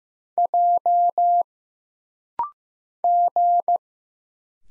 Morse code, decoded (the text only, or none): J G